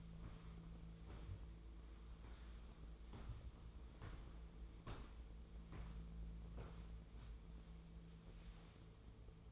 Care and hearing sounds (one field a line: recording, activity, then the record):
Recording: daily activity, microphone in the room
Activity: walk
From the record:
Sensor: 1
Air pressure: 1005.5 hPa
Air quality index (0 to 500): 122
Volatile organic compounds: 4 ppm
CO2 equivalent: 1702 ppm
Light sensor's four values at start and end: 11/26/10/11 and 11/27/11/12